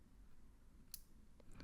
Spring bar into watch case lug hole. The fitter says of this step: fits that first hole and you are also going to hear a click